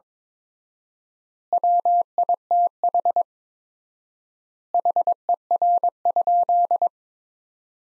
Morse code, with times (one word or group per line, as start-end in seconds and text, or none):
1.5-3.2 WITH
4.7-6.9 HER?